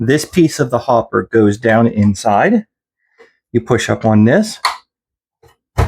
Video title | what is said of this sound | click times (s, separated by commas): Can this amazing slicer cut super thin potatoes with ease? | it is now locked into place. | 5.8 s